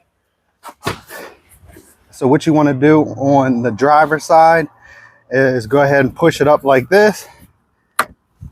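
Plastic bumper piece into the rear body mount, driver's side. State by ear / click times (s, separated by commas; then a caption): seated / 8.0 s. On the driver's side of a 2004–2010 BMW X3 (E83), during rear bumper and trailer hitch receiver installation, a plastic bumper trim piece is pushed up and in to its rear body mount while someone talks. It snaps into place with one sharp, loud click at 8.0 s, and the piece is seated.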